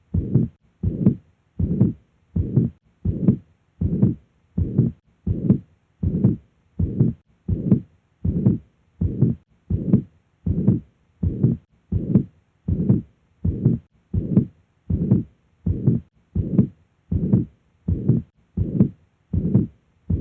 Mitral Regurgitation.